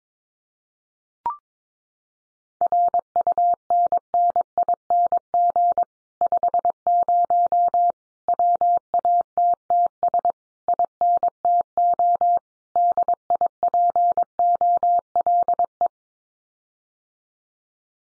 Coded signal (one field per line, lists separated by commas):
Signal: Morse code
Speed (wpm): 22 wpm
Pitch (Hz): 700 Hz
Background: none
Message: RUNNING 50 WATTS INTO DIPOLE